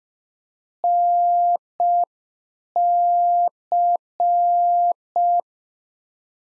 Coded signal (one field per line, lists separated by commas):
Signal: Morse code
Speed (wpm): 5 wpm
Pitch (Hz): 700 Hz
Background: none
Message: NC